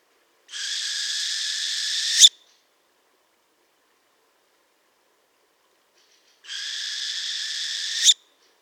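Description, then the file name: Northern hawk-owl giving two long, harsh hissing screeches, each lasting under two seconds and ending in a sharp click, separated by about four seconds of silence. "sowa jarzebata Surnia ulula"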